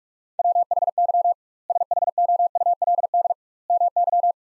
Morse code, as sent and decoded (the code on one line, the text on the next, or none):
.-- .... -.-- / ... .... --- ..- .-.. -.. / -- -.--
WHY SHOULD MY